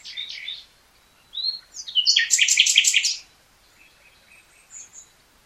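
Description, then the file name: Common nightingale song with short chirps and a whistle leading into a loud rapid rattling trill, followed by faint notes. "Luscinia megarhynchos"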